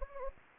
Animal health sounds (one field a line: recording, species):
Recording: mosquito wingbeat signal from an infrared sensor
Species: Anopheles gambiae